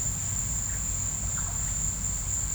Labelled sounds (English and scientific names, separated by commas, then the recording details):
none
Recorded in pastures near Puerto Asís, Putumayo, Colombia, on 16 December 2024 at 16:00
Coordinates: 0.472, -76.329
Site G072